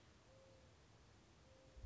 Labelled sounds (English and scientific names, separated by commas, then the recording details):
Mourning Dove (Zenaida macroura)
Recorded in Sonoma County, California